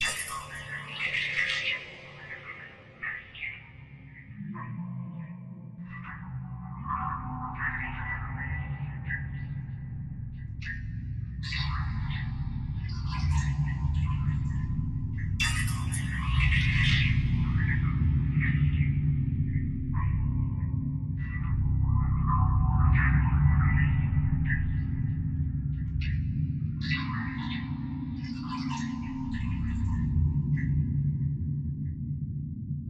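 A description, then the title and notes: A sound design piece built on a thick, rumbling low drone that swells and stays dense throughout. Over it, bright echoing bursts and shimmering textures flare up every few seconds, notably around 1, 6, 10, 13, 16, 21 and 27–31 seconds, each trailing away. Sound design clip made from a sample from the movie Alien.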